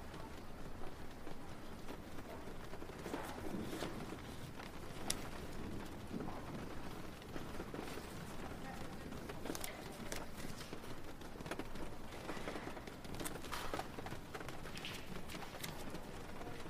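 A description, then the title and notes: Rain falls steadily through a quiet indoor space, a dense, even hiss with a low rumble underneath. Sharp little ticks and taps, likely drops striking a surface, break through every second or so, with a brighter crack near five seconds. Rainy Day at the Library. A cozy library on a rainy day.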